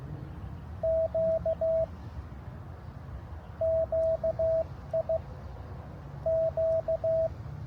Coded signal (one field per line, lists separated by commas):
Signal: Morse code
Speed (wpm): 16 wpm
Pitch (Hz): 650 Hz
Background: radio noise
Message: Q QI Q